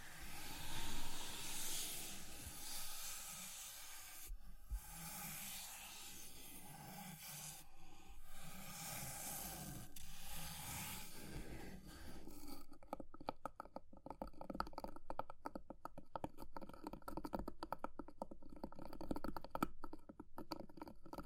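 Fire crackling with a steady hiss through the first twelve seconds, broken by brief dropouts near 4.5, 7.5 and 10 seconds. After about 12.5 seconds the hiss gives way to rapid, dense tapping and scratching, close together and uneven, continuing to the end.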